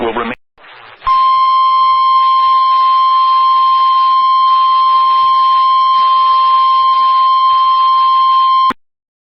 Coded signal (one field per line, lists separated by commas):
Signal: Emergency Alert System (SAME) tones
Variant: 1050 Hz attention tone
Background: speech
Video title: EAS #91-100 my 100th EAS Alert!, Severe thunderstorms in SE, SC, and EC Wisconsin